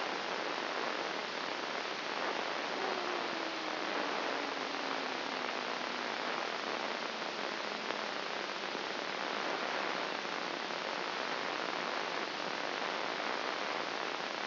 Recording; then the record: brain microelectrode recording played as sound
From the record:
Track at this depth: inside the subthalamic nucleus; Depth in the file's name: 3.003 mm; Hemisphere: left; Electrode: 1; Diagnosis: Parkinson's disease